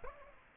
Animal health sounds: mosquito wingbeat signal from an infrared sensor; Aedes aegypti

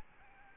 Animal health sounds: mosquito wingbeat signal from an infrared sensor; Aedes albopictus

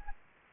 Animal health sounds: mosquito wingbeat signal from an infrared sensor; Anopheles gambiae

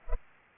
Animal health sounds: mosquito wingbeat signal from an infrared sensor; Culex pipiens

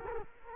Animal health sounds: mosquito wingbeat signal from an infrared sensor; Culex quinquefasciatus

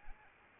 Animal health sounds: mosquito wingbeat signal from an infrared sensor; Anopheles arabiensis

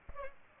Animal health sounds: mosquito wingbeat signal from an infrared sensor; Aedes aegypti

